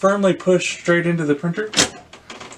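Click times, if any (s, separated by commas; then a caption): 2.1 s, 2.3 s. While someone talks, a new fuser unit held by its thumb tabs is slid back into position and pushed firmly straight into an HP M604 laser printer. Two sharp clicks follow at 2.1 s and 2.3 s as both sides latch, and the fuser unit is seated.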